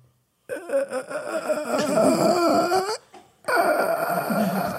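Two long, rough, groaning voiced breaths, an adult's imitation of heavy snoring during sleep.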